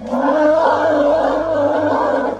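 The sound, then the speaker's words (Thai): An elephant named Ai Ngam Ngam trumpets loudly as it rises and seizes a man with its trunk, in one sustained, wavering blast lasting a couple of seconds, a brassy, harmonic-rich blare that holds steady throughout with no voices. “ร่างดำทะมึนที่นอนพังภาพแน่นิ่งของไอ้งางามก็ขยับยันร่างลุกขึ้นมาก่อนจะใช้งวงอันใหญ่ยาวขวารวบร่างไอ้เสือเสียนที่ยืนตะลึงอยู่ใกล้ๆเข้ามาอยู่ในวงรัดพร้อมทั้งแผดเสียงดังกาดก้องกังวานจนสถานแสบแก้วหู”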